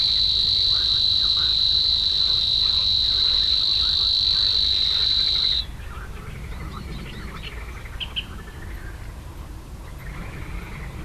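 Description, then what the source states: Savi's warbler reeling song, a continuous high mechanical buzz that runs from the start for about five and a half seconds and then stops abruptly, leaving soft chirps of other birds in the background. Slatina pond, Prague, Czech Republic; 16 June 2013, 21:31–21:35 CEST; only regular Prague site, breeding there yearly in several pairs; at least two breeding pairs in 2013.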